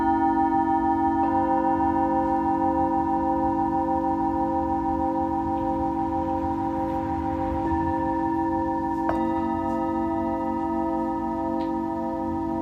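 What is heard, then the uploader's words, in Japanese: Singing bowls ring in a sustained, layered drone, their steady tones holding throughout with a slow shimmer. New strikes add fresh rings around one second, near eight seconds and again around nine seconds, each blooming over the continuing hum. Faint light ticks appear briefly. メキシコから シンギングボウルのサウンドヒーリング ライブ。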